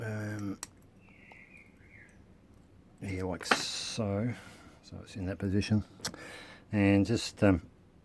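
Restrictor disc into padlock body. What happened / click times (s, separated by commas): The part is handled and positioned but has not yet seated / none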